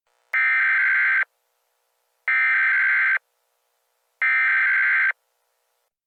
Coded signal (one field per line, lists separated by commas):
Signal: Emergency Alert System (SAME) tones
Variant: header bursts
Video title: EAS Scenario - The Wolves